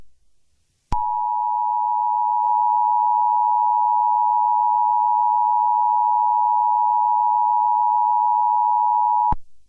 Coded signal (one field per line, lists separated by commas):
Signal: Emergency Alert System (SAME) tones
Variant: 853 and 960 Hz attention tone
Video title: EAS Scenario (Civil Defense)